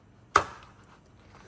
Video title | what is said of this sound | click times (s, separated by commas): 4L60E shift kit, corvette servo and pinless accumulator install - Full length and in-depth | big one. Yep, it's all snapped in. | 0.4 s